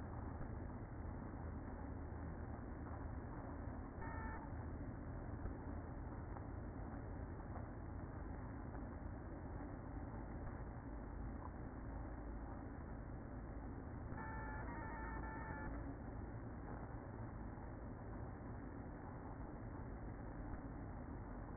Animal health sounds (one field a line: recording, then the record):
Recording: honeybee colony, microphone inside the hive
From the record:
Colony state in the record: queen present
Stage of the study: after two queens were removed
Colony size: about 60,000 bees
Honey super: yes